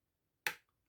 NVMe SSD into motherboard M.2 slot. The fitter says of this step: ssd just clicks right in